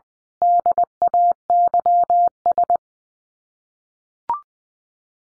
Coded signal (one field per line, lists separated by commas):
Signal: Morse code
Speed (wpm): 20 wpm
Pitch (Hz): 700 Hz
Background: none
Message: DAYS